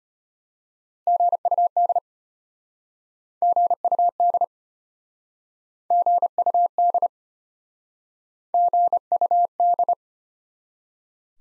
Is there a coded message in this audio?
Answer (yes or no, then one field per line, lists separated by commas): yes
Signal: Morse code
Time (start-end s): 1.1-9.9 s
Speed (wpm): 34 wpm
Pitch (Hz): 700 Hz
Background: none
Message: GUD GUD GUD GUD